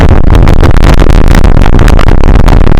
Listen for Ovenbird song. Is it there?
no